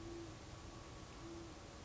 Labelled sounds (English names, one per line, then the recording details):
Great Horned Owl
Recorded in Sonoma County, California